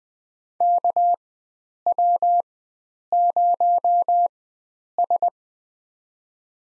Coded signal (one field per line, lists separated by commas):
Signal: Morse code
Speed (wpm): 20 wpm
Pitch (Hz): 700 Hz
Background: none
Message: KW0S